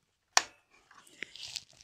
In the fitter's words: they both snap into place like that and that's how you install your RAM